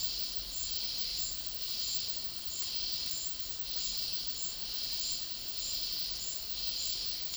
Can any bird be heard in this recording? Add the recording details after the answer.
no. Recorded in dense forest near Puerto Asís, Putumayo, Colombia, on 20 February 2024 at 11:30. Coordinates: 0.500, -76.322. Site G6465